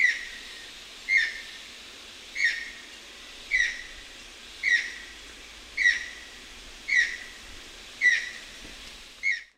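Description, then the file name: Channel-billed Toucan repeating a short, hoarse, downslurred note roughly once a second in an even rhythm, nine calls in a row. Recorded 31 October 2001. "2001-10-31 Channel-billed Toucan"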